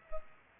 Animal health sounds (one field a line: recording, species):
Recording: mosquito wingbeat signal from an infrared sensor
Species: Culex pipiens